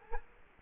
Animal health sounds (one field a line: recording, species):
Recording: mosquito wingbeat signal from an infrared sensor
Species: Culex quinquefasciatus